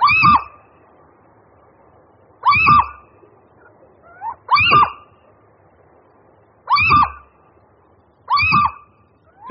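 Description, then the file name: Little owl giving loud, harsh, rising mewing calls about every two seconds, five in all, with a brief soft squeak between two of them. "Sýček obecný"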